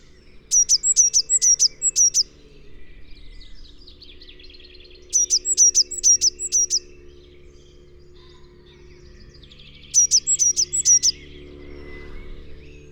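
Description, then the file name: Eurasian blue tit repeating short bursts of five or six sharp, high notes roughly every five seconds, with soft twittering between bursts. "Cyanistes caeruleus"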